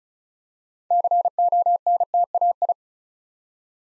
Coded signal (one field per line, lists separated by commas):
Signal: Morse code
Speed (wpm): 36 wpm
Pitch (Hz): 700 Hz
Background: none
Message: CONTAI